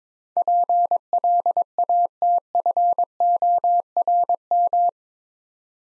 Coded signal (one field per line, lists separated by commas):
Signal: Morse code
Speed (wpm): 22 wpm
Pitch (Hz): 700 Hz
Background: none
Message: PLATFORM